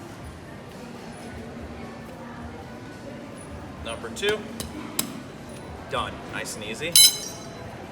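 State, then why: Not seated. Someone talks while handling a metal star lock washer being fitted onto the third axle rod of a stroller wagon, to be tapped until it locks into the rod's groove. Light metallic clinks and taps come around 4.0–4.3 s, a sharp ping at 5.0 s, and more clinks near 6.0 s and 7.0 s. The washer has not seated or clicked into the groove yet.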